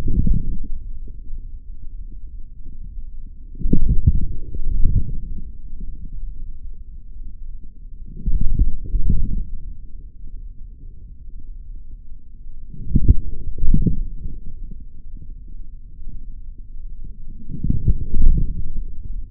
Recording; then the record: forearm muscle sounds (acoustic myography)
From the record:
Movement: forearm pronation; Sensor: system 3, bracelet of six PUI Audio POM-2738L microphones around the upper forearm, with dedicated amplification and filtering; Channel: 6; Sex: male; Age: 26 years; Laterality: right